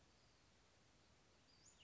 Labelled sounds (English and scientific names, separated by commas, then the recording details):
Western Flycatcher (Empidonax difficilis)
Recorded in Sonoma County, California